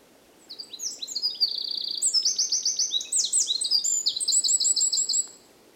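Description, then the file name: Eurasian wren song, a loud rapid outpouring of high trills and sharp notes lasting nearly five seconds, with faint low background hiss. "Troglodytes troglodytes"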